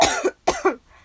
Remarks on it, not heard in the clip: I'm jumping on my bed. And now I'm coughing because I'm out of breath.